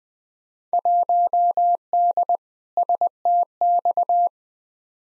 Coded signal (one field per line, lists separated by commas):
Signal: Morse code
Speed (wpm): 21 wpm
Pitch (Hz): 700 Hz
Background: none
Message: 1D STX